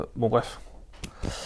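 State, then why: Released. A small cutter with a very thin blade is unclipped from its holder on a utility tool. Someone talks, then a sharp click at 1.0 s marks the cutter releasing from its holder, followed by a brief rustle.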